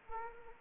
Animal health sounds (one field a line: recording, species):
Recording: mosquito wingbeat signal from an infrared sensor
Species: Anopheles arabiensis